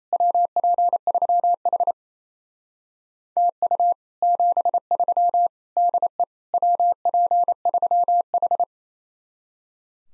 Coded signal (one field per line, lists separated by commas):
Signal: Morse code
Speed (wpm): 35 wpm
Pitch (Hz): 700 Hz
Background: none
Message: WP3H TU 73 DE WP3H